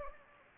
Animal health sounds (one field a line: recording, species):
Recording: mosquito wingbeat signal from an infrared sensor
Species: Anopheles gambiae